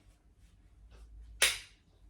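The plastic side-release buckle on the waist belt of an Artipoppe Zeitgeist baby carrier is fastened. After quiet, faint rustling, a sharp, bright click at 1.4 s shows it has seated and is done up properly, since a buckle that hasn't made that click is probably not fastened right.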